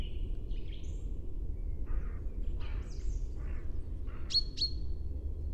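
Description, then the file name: Common chaffinch calls: two sharp, bright notes in quick succession near the end, among assorted fainter chirps and squeaks and a low steady rumble. "Fringilla coelebs"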